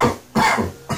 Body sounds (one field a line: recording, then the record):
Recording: coughing mixed with background sound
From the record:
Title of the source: Spring Cold Coughing 2